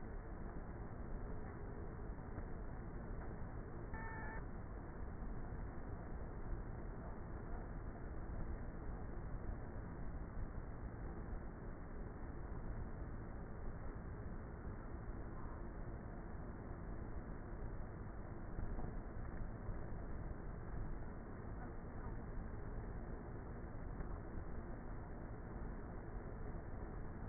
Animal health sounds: honeybee colony, microphone inside the hive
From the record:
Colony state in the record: queenless with a low population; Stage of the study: before two queens were removed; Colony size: about 30,000 bees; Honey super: no

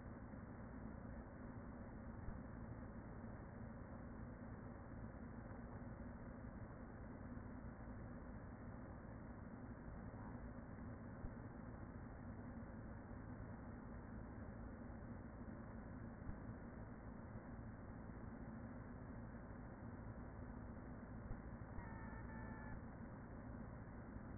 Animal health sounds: honeybee colony, microphone inside the hive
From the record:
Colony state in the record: queen present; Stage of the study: after two queens were removed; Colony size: about 40,000 bees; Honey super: no

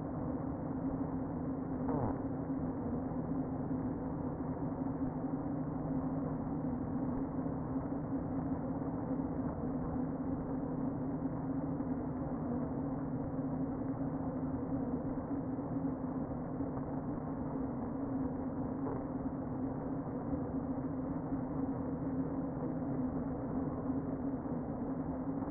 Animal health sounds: honeybee colony, microphone inside the hive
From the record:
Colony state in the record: queen present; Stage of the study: before two queens were removed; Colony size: about 60,000 bees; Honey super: yes

